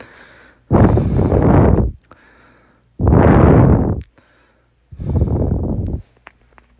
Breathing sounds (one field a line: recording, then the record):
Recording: deep breathing after running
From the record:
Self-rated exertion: light exertion (2 of 6)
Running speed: 7 miles an hour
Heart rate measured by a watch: 89 beats a minute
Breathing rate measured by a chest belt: 12 breaths a minute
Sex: male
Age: 37 years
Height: 174 cm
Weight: 76 kg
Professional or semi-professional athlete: no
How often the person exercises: over 5 times a week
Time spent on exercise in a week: over 5 hours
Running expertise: yes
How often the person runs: 3 to 5 times a week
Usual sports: running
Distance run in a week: 70 km